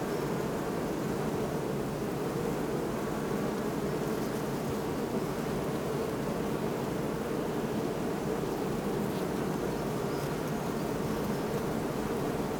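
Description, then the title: Western honey bee: dense, steady drone of many bees humming at once, unbroken throughout with no other clear sounds. Hum of hundreds of bees at beehives in a botanical garden in Oldenburg; recorded with a Sony PCM D50. "Botanischer Garten Oldenburg - bee hive"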